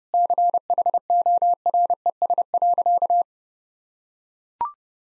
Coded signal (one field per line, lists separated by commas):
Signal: Morse code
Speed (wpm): 30 wpm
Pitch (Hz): 700 Hz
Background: none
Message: CHORES.